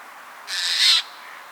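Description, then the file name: Eurasian jay call: one harsh, rasping screech lasting about half a second, strongest toward its end, against a quiet background. "Garrulus glandarius"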